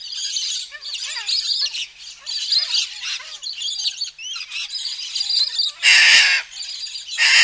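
Little corella flock: many short downward-bending squawks and chirps over continuous chatter, broken by two loud harsh screeches near the end.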